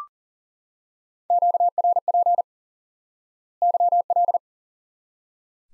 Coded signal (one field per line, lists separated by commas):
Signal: Morse code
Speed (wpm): 40 wpm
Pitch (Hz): 700 Hz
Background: none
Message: QRP YL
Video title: Course 3 - Lesson 53 - QRQ - Two Elements